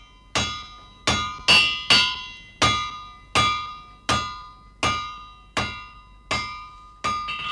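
A blacksmith hammers on an anvil, about a dozen loud, ringing metallic strikes in a steady rhythm, each blow leaving a bright clanging tone that fades before the next, with no voices.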